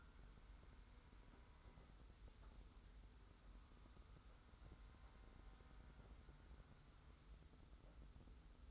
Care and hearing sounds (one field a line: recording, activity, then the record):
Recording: daily activity, microphone in the room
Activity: wipe stove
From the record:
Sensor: 3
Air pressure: 991.5 hPa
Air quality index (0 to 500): 148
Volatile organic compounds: 454 ppm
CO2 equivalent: 4755 ppm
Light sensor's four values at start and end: 51/139/56/50 and 51/139/56/50